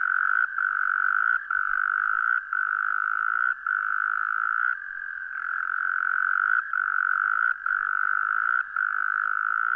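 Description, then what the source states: Frog trill, an unbroken-sounding buzzy drone with short pauses roughly every second, steady throughout. Recorded 17 January 2015.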